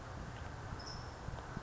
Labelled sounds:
California Towhee (Melozone crissalis)
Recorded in Sonoma County, California

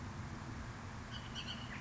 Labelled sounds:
Bullock's Oriole (Icterus bullockii)
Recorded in Sonoma County, California

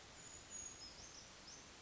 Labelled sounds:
Brown Creeper (Certhia americana)
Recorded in Sonoma County, California

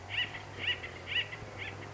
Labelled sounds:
Acorn Woodpecker (Melanerpes formicivorus)
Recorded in Sonoma County, California

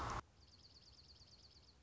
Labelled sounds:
Dark-eyed Junco (Junco hyemalis)
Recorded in Sonoma County, California

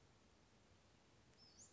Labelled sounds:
Western Flycatcher (Empidonax difficilis)
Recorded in Sonoma County, California

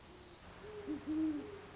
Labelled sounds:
Great Horned Owl (Bubo virginianus)
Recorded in Sonoma County, California

